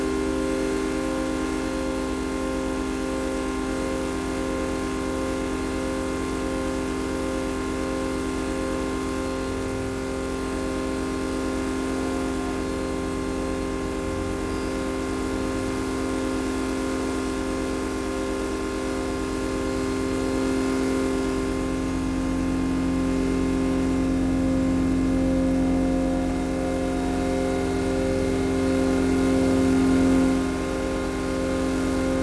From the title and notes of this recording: EM signals produced by a Northern Line tube train whilst travailing at rush hour between Elephant & Castle and Moorgate. The signals were captured with the use of an EM coil pick up.